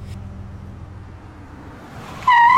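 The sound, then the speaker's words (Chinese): A low, steady car engine rumble runs for a couple of seconds, then tires suddenly let out a loud, piercing screech as the driver hits the emergency brake, cutting in sharply at the end. “吱的一声，刺耳的急刹车霎时响起，惊诧之下江瑶条件反射地踩下了紧急制动”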